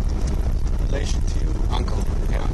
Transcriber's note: short conversation about where to stop car